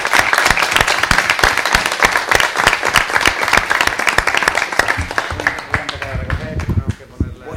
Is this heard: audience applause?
yes